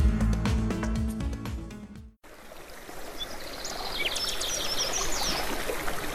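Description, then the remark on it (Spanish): A short burst of music cuts off, giving way to the steady, even rush of flowing river water, with high bird chirps scattered over the constant babble. “Compañera, Berta nos enseñó a convivir con el agua de los ríos y los territorios.”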